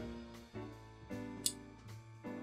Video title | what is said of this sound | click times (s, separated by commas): Hip-Flask from Puzzle Master - Solution | you hear a click | 1.5 s